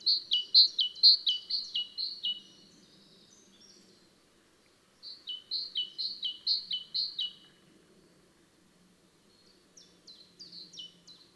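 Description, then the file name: Great tit song: bright two-note phrases, high then lower, repeated rapidly in three bursts, the last softer, with faint low rumble beneath. "Parus major"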